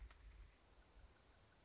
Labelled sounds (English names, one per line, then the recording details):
Dark-eyed Junco
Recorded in Sonoma County, California